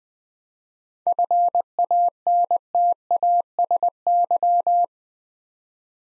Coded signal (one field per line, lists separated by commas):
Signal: Morse code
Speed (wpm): 20 wpm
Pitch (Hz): 700 Hz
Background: none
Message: FANTASY